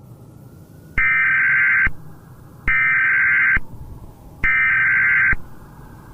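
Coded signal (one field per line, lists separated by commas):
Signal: Emergency Alert System (SAME) tones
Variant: header bursts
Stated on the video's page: Fictional EAS scenario reconstruction, not real government broadcasts.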